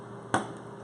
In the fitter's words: you keep twisting doing I may hear it click or you'll feel it release and I just felt a breeze